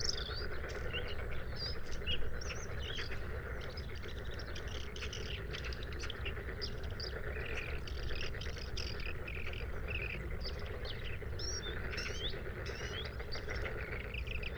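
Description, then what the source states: Bluethroat song, a dense, continuous jumble of high scratchy and whistled notes against a steady noisy background. Recorded at Sha Cheng Wetland, Hebei, China, on 5 May 2025 at 06:10; three bursts of song separated by fades.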